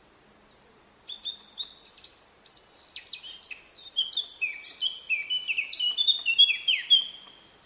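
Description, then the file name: Eurasian blackcap song: a rapid, varied warble of high chirps and slurred notes that grows louder and denser, lasting about six seconds. "Sylvia atricapilla"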